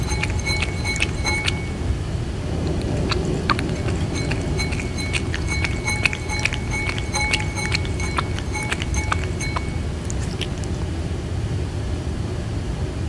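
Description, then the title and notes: Tabby cat drinking, with bursts of sharp lapping clicks and light bowl clinks for the first ten seconds, then fading away against a constant low rumble. Brown tabby pet cat, an older male sibling, drinking water vigorously because thirsty, during everyday life. "みやちゃんです♪ 喉が渇いたみたいで、お兄ちゃんが勢いよく水を飲んでいた"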